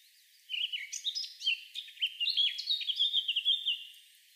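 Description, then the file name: Eurasian blackcap song: a rich, fast warble of varied chirps and short whistled notes, running continuously for about three seconds, over a low background hiss. "Sylvia atricapilla"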